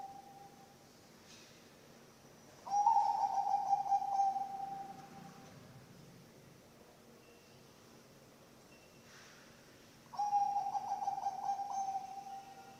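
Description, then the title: Zebra dove cooing song: low, rapidly pulsed, buzzy coos running two to three seconds, then silence, with a second phrase starting near the end. Bangkok-type zebra dove (perkutut bangkok) song, used as a master recording for training birds (masteran) and for luring (pancingan). "mster Mnuk. SUARA OCEHAN BURUNG PERKUTUT BANGKOK Untuk MASTERAN dan PANCINGAN"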